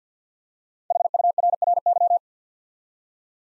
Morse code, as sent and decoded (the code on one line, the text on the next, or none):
.... ..- .-. .-. -.--
HURRY